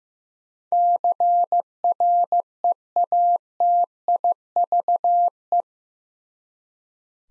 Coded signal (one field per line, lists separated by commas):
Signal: Morse code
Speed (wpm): 15 wpm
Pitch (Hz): 700 Hz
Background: none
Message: CREATIVE